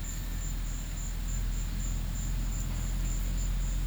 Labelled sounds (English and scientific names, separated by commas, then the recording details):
none
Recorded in pastures near Puerto Asís, Putumayo, Colombia, on 20 December 2024 at 14:00
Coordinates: 0.472, -76.329
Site G072